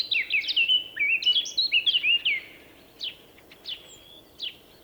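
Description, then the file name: Eurasian blackcap delivering a burst of tumbling, fluted warbling notes, then a pause broken by three isolated sharp downslurred calls. "Sylvia atricapilla"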